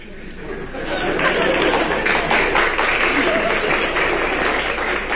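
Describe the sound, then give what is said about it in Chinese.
Thin, scattered applause from a small audience, a steady patter of a few pairs of hands clapping at moderate loudness for several seconds, with faint murmuring beneath. “那这鼓掌的人不多呀、啊，鼓掌的人都是南方人， 嗯， 北方人他还是没听懂”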